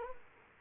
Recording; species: mosquito wingbeat signal from an infrared sensor; Culex quinquefasciatus